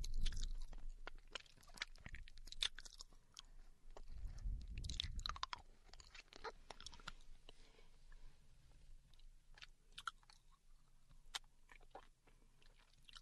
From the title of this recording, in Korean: 사탕 먹는 여친